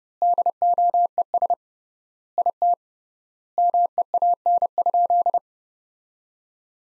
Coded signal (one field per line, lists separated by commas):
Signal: Morse code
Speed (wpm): 32 wpm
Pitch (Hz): 700 Hz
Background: none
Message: DOES IT MEAN?